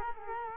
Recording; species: mosquito wingbeat signal from an infrared sensor; Culex quinquefasciatus